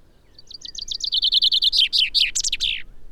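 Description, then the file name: Common chaffinch song phrase: quick repeated high notes tumbling downward in a rattling trill, finishing with a few loud, sweeping terminal notes. "Fringilla coelebs"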